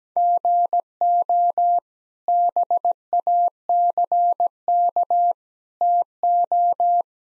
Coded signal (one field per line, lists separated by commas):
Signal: Morse code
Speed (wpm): 17 wpm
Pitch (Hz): 700 Hz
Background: none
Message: GO BACK TO